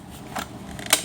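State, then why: Seated. The plastic priming handle of a toy foam dart blaster is pulled back, with a soft rasp near 0.4 s and a few quick ratcheting ticks around 0.8 s. The plunger catch then locks into place with a sharp, bright click at 0.9 s, and the blaster is primed.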